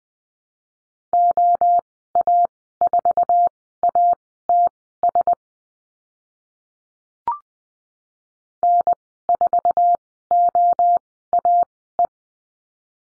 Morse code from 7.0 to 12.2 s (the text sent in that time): N4OAE